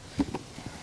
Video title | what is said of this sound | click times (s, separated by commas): Yamaha Kodiak 700 Review | see just snaps back in pretty simple nice | 0.2 s